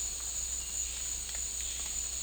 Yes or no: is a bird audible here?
no